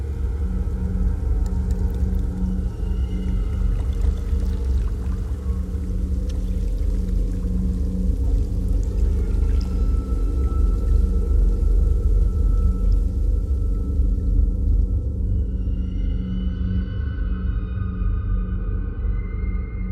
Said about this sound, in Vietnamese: và tiếng hát tru bi oan từ đâu cứ văng vẳng vang lên, xen qua từng giọt mưa rồi vang vọng khắp cả một đoạn sông u trầm tĩnh mịch.